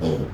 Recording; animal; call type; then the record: contact call of a hoofed animal; pig; closed-mouth grunt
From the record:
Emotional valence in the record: negative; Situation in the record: short social isolation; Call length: 0.34 s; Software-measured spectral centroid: 1480 Hz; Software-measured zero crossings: 780 a second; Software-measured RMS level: -24 dBFS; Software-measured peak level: -11 dBFS